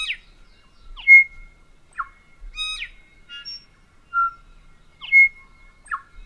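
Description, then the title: Tui singing a varied phrase of clear whistles, sharp clicks and quick falling slurs, with notes spaced by brief pauses against a quiet background. "vogel der woche. Tui"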